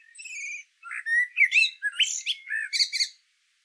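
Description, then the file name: Common blackbird song: a short burst of clear, mellow whistled notes that turns into high, squeaky, chattering twitters at the end. "Turdus merula"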